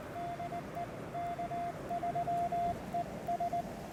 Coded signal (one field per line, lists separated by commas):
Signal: Morse code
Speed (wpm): 19 wpm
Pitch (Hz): 690 Hz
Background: none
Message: DE K3ES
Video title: QRP and Friends: A Two-Fer POTA Activation with Brian (K3ES)!